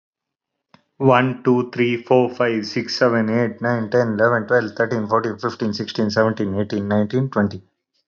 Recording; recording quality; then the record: counting at a fast pace; excellent, no background noise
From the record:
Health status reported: respiratory illness, not identified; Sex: male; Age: 30 years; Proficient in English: yes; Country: India